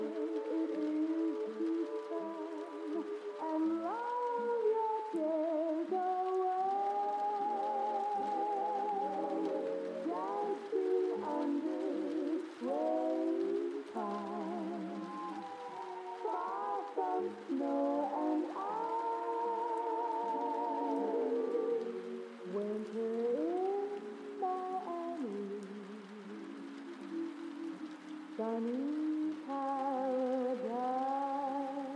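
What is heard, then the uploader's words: Old songs play from another room, muffled and thin, with warbling voices and instruments gliding steadily for the whole stretch with no breaks. The deep bass is missing and the top is dulled. A soft, even hiss like light rain runs underneath. Cozy Rainy Night Vibes: Oldies Playing from Another Room. Vintage music from another room.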